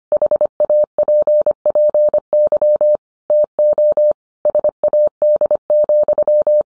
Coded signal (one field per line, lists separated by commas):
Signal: Morse code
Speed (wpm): 25 wpm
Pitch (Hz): 600 Hz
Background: none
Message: HAPPY TO SAD,